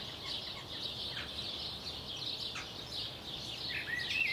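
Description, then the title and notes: Birds form a dense, blurred band of high chirping, with a brief whistled phrase at the very end, over constant background hiss. Recorded at 4am. "Birds at 4am by Daniel Sky"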